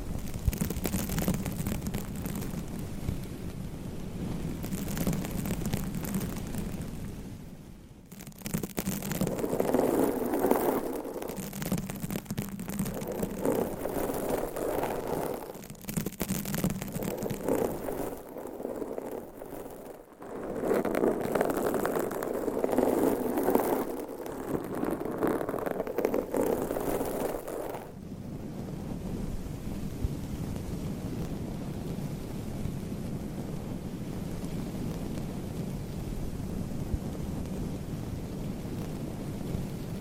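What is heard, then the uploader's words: Nails scratch and rub steadily across a microphone cover, dense, with a rough, crackling texture. Between about 8 and 28 seconds the scratching comes in brighter, harder bursts broken by short pauses, then settles back into an even, muffled rumble. ASMR Mic Scratching - Brain Scratching with 54 DIFFERENT MICS Covers & Nails No Talking.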